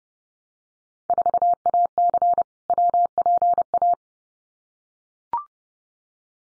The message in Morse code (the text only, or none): 4AC WPA